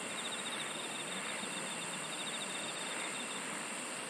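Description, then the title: Insect song as a thick hiss with a fast pulse train that stops later, while a very high rapid ticking begins about halfway. "SINGING OF INSECTS"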